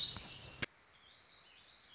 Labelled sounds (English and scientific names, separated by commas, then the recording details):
Warbling Vireo (Vireo gilvus)
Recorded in Sonoma County, California